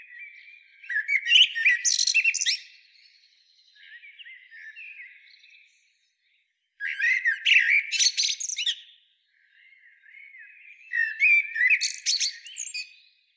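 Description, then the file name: Eurasian blackbird song: three loud, shrill twittering bursts a few seconds apart, with softer warbling between them. "Turdus merula"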